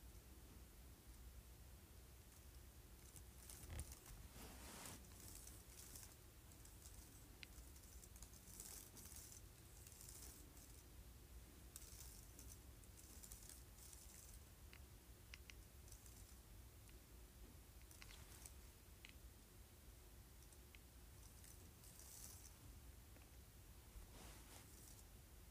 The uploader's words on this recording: ASMR Running Fingers Across Keyboard Lightly.